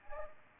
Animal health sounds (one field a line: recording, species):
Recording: mosquito wingbeat signal from an infrared sensor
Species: Aedes aegypti